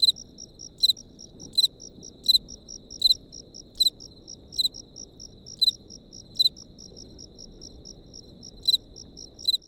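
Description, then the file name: Cricket chirping, short bright pulsed chirps repeated many times, with softer pulses between them over a low steady hum. Crickets recorded close up. "tomas miguel - grillos close up"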